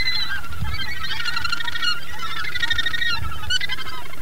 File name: Gannet